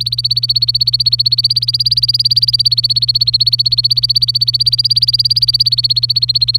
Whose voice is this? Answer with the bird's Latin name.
Serinus canaria